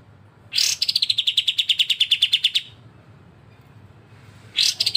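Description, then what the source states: Streaked spiderhunter song: an explosive burst opening a fast series of sharp, high notes, falling slightly in pitch, then a new burst begins. Actively singing, clear and long song; recording used as a master song for training cage birds.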